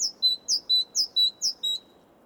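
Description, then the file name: Great tit calling, a clear two-note pattern repeated four times: a high note falling into a lower steady whistle, each pair about half a second long, over a quiet background. "Parus major"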